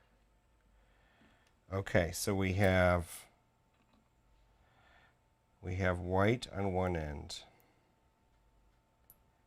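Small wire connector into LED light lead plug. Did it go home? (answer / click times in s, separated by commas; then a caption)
yes / 9.1 s. Someone talks in two bursts while plugging a small-gauge plastic wire connector for the LED lights on an Eachine AR Wing Pro SE wing into its mating plug. After a quiet stretch, a single sharp click at 9.1 s marks the connector seating firmly.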